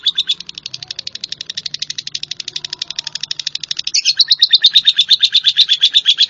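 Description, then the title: Java sparrow delivering a quick, even chain of bright chirps that turns louder after a brief break near the end. "kicau gelatik"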